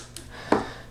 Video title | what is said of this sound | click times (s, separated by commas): How to Clean the Filter on a Samsung VRT Plus Washing Machine | there you go until you hear it clicks | 0.5 s